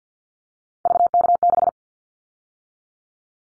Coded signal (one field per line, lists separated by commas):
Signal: Morse code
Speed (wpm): 50 wpm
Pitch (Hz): 700 Hz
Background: none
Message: VK6